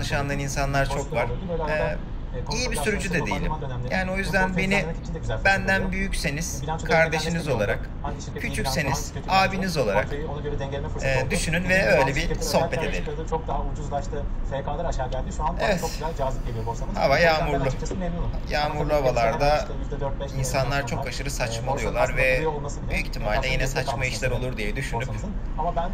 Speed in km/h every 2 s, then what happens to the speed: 84, 83, 83, 81, 81, 91, 94, 94, 94, 94, 93, 93, 92.
0-8 steady at about 83. 8-11 speeds up to 94. 11-26 steady at about 94.